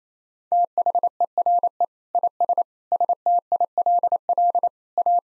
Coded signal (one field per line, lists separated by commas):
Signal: Morse code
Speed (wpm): 28 wpm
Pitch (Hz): 700 Hz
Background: none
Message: THERE IS STILL A